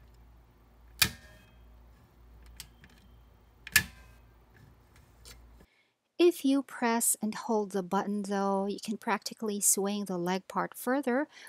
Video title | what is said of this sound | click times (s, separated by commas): My little laptop stand - a review | I will let you listen to the clicks as you | 1.0 s, 3.8 s